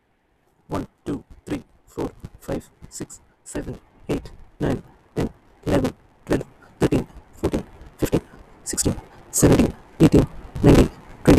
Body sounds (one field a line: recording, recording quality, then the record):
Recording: counting at a normal pace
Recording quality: moderate, slight background noise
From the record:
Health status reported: healthy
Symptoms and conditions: none ticked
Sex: male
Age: 25 years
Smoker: not ticked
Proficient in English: yes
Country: India